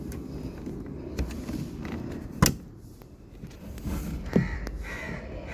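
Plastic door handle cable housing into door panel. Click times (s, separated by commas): 2.5 s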